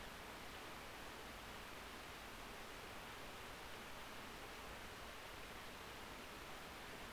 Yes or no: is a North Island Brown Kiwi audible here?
no